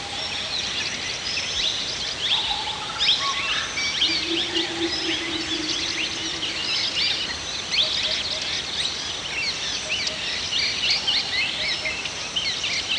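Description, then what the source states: Birds in a dense chorus of high chirps and trills, constant and overlapping, with a low steady hum in the middle. Several birds singing in a forest.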